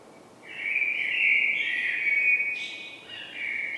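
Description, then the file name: Common blackbird song phrase: a sustained mellow fluted warble, slightly wavering, broken by a brief high squeak near the end before the melody resumes. "Turdus merula"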